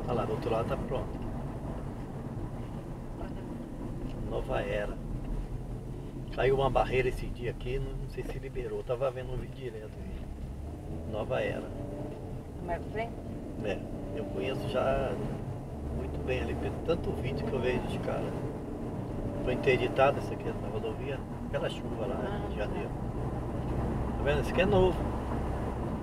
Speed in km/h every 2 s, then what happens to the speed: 58, 49, 34, 15, 15, 24, 35, 43, 53, 61, 64, 70, 75.
0-6 brakes to 15. 8-26 speeds up to 75.